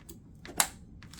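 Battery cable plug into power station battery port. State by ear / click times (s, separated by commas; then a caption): seated / 0.6 s. An extra battery cable plug is pushed with some pressure into the power station's battery port. Faint handling noises come first, then a sharp click at 0.6 s, followed by more light rustling. The plug is seated in the port.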